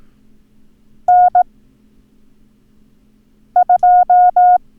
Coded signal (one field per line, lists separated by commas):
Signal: Morse code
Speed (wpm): 18 wpm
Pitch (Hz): 720 Hz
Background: none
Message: N2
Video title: Learn Morse Code - Numbers - Lesson 3